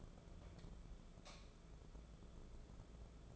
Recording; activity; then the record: daily activity, microphone in the room; light on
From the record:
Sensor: 5